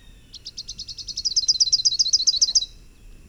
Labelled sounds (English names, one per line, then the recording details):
Rufous-capped Warbler song
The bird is a male
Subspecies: salvini
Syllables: 31
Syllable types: 3
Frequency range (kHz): 3.2-6.4 kHz
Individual TX-NWS-M